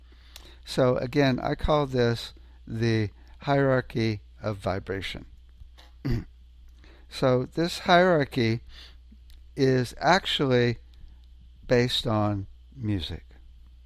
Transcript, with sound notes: So, again, I call this the hierarchy of vibration. (clears throat) So, this hierarchy is actually based on music,